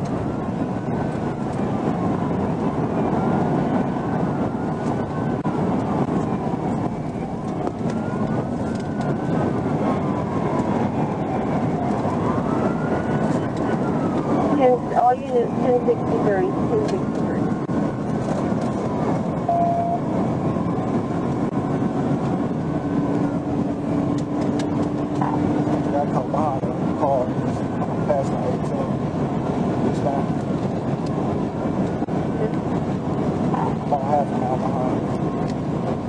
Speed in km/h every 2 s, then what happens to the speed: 174, 167, 159, 147, 143, 143, 130, 138, 147, 156, 164, 169, 177, 180, 184, 185, 190, 195.
0-13 slows to 130. 13-36 speeds up to 195.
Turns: none.